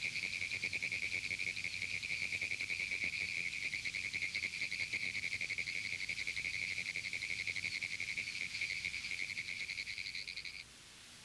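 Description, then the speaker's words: Pine woods tree frog calling, a long continuous run of rapid ticking clicks, stopping abruptly near the end. Hyla femoralis; found in pineland habitats statewide in Florida; erratic call likened to Morse code. "The erratic call of the Pinewoods tree frog has been likened to Morse code."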